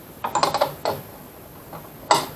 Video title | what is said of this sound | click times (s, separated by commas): Kobalt Miter Saw Blade Replacement | Spin that locking nut until it actually locks into place. | 2.1 s